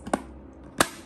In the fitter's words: Then just push it in and then it'll click into place.